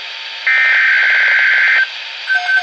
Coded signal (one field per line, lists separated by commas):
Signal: Emergency Alert System (SAME) tones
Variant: header bursts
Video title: Tornado Watch #113 (EAS #2,041-2,043) - April 30, 2019